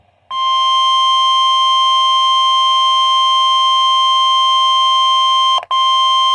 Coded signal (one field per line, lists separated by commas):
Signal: Emergency Alert System (SAME) tones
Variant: 1050 Hz attention tone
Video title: HELPLESS - EAS Alerts from 3/14/24 to 3/15/24 #12-20